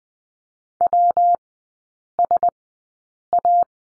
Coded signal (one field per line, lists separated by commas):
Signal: Morse code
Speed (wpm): 20 wpm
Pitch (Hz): 700 Hz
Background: none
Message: WSA